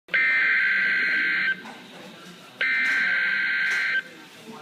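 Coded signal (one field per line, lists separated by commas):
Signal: Emergency Alert System (SAME) tones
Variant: header bursts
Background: speech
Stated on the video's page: Flash flood warning relayed by NOAA Weather Radio station KWO35, issued by the Upton, NY forecast office.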